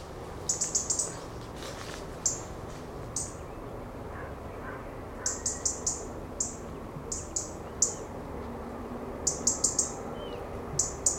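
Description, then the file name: European robin giving high, thin ticks in brief clicking clusters at uneven intervals. "Erithacus rubecula"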